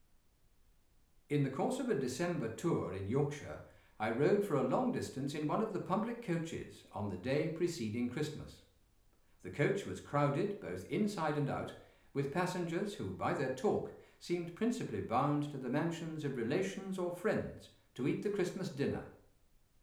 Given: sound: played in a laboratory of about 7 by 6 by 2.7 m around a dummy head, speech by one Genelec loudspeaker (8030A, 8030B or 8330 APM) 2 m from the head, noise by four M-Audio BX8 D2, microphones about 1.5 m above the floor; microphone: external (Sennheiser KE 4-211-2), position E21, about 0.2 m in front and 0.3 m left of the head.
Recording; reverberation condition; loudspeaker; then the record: male speech in English; medium; 90 degrees to the left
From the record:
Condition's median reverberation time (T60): about 510 ms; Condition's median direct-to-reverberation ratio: about -0.5 dB